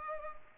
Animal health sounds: mosquito wingbeat signal from an infrared sensor; Culex pipiens

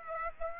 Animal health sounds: mosquito wingbeat signal from an infrared sensor; Aedes aegypti

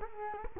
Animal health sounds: mosquito wingbeat signal from an infrared sensor; Culex quinquefasciatus

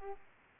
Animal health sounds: mosquito wingbeat signal from an infrared sensor; Aedes aegypti

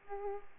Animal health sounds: mosquito wingbeat signal from an infrared sensor; Aedes aegypti

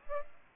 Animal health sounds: mosquito wingbeat signal from an infrared sensor; Aedes albopictus

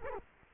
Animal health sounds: mosquito wingbeat signal from an infrared sensor; Culex quinquefasciatus

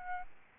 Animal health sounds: mosquito wingbeat signal from an infrared sensor; Aedes albopictus

